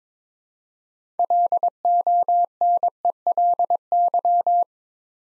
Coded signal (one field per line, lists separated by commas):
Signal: Morse code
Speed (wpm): 22 wpm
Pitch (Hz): 700 Hz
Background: none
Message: LONELY